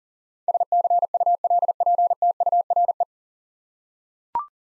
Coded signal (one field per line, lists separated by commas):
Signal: Morse code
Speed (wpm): 37 wpm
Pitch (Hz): 700 Hz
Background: none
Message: SCULPTURE